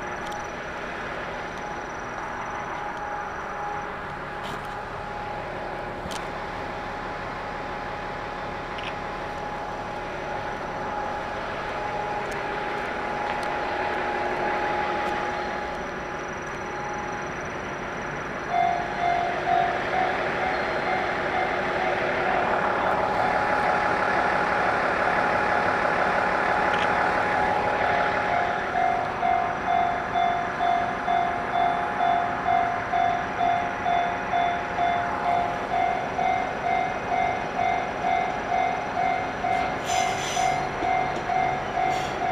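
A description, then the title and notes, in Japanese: A Tenryu Hamanako Railway train ride from Nishikiga toward Mikkabi: a steady rumble and hum, then from about 18 seconds a regular rhythmic clatter. 天竜浜名湖鉄道 西気賀→三ヶ日。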